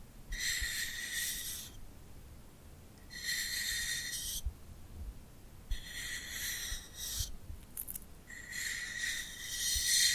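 Tingly sounds of hands sticky with glue, coming in four bursts of bright, crackly rubbing roughly every two and a half seconds. Each burst lasts over a second, with a faint, thin whine running through it. Between bursts there are quiet gaps and a soft low rumble.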